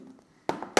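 Pressing along the plastic bottom cover of a Lenovo LOQ Essential laptop, after a RAM upgrade, pushes it down onto the chassis so it fits in. After quiet faint handling, sharp plastic snaps ring out at 0.5 s and 0.8 s, with a smaller tick between them. The further clips snap in and the cover is seated.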